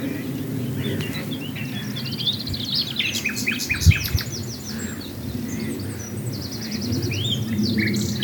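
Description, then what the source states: Common nightingale song of varied short phrases, rapid buzzy trills and scattered sharp notes, over constant low rumbling background noise. Recorded at Swale.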